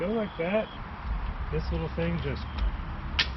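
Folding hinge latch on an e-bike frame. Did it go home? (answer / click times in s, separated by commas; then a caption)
yes / 3.2 s. Someone talks while unfolding a Lectric XP fat-tire e-bike and pushes the small latch on the folding hinge of the frame. A sharp metallic click sounds at 3.2 s as the folding latch locks in place.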